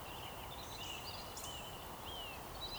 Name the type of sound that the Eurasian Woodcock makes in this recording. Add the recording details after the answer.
whistle. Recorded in Baden-Württemberg, Germany, on 14 June 2020 at 19:51 UTC. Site 43791, 788 m above sea level